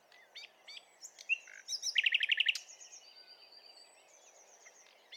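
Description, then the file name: Common nightingale song, rather faint: scattered thin notes lead into a short, loud, rapid buzzy trill, then soft drawn-out whistles. "Luscinia megarhynchos"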